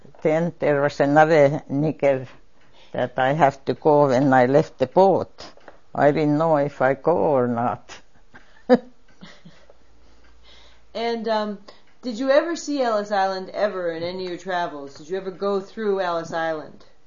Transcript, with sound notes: then there was another nigger that I have to call when I left the port, I didn't know if I call or not. (laughs)
(finishing laughing) And um did you ever see Ellis Island ever in any your travels. Did you ever go through Ellis Island?